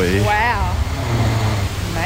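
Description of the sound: A low, rattling rumble runs through most of the two seconds: a single adult snore, the second of two back to back, recorded at 2:45 in the morning on a phone sleep-tracking app and played back. Brief voices talking over it partly mask the sound.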